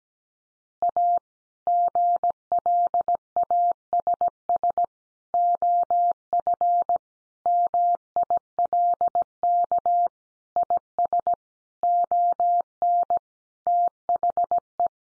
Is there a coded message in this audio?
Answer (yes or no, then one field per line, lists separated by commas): yes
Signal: Morse code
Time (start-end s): 0.8-14.9 s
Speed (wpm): 17 wpm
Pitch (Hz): 700 Hz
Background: none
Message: A GLASS OF MILK IS ON THE